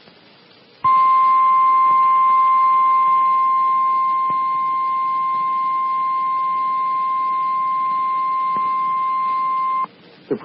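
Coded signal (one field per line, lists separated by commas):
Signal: Emergency Alert System (SAME) tones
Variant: 1050 Hz attention tone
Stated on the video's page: Required Weekly Test on NOAA Weather Radio, heard via an online Broadcastify stream.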